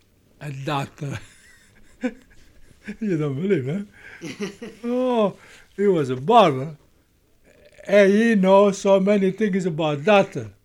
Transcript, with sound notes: and doctor. You don't believe, huh? (laughs) He was a barber, and he knows so many things about doctor.